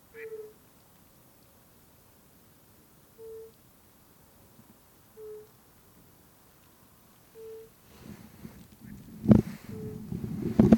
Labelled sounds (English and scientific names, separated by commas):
Fire-Bellied Toad (Bombina bombina) call